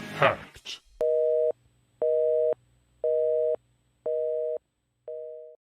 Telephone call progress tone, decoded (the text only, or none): busy tone